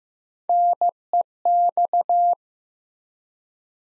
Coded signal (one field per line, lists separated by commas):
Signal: Morse code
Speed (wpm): 15 wpm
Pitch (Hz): 700 Hz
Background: none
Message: NEX